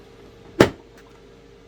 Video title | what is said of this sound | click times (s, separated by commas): Unboxing and Review : Dolce Gusto Mini Me | clicks into place sorry | 0.6 s